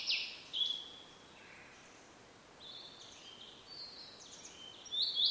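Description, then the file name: Blue-and-white flycatcher giving loud whistled notes, then a quiet gap and a run of further whistled phrases, with soft background hiss. "oruri"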